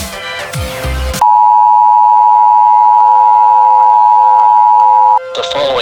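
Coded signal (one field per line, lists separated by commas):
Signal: Emergency Alert System (SAME) tones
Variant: 853 and 960 Hz attention tone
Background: speech, music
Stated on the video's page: Fictional EAS scenario.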